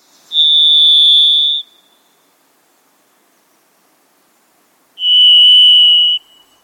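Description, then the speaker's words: Varied thrush song: two long, steady whistled tones, the second slightly lower, separated by about three seconds of silence. Eerie song heard in moist Pacific Northwest forest in quiet, private places. "you hear the eerie song of the varied thrush, you may be in a moist Pacific Northwest forest in a quiet and private place."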